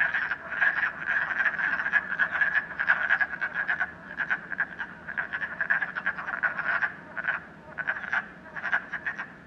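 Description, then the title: Frog chorus of fast, rattling croaks in steady overlapping bursts, loud and continuous. Frogs in a puddle at night in Canada, recorded during COVID-19. "Frogs, Night, Train, Canada"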